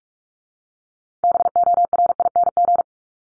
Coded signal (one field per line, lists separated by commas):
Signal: Morse code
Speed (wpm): 44 wpm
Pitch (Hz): 700 Hz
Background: none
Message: BORING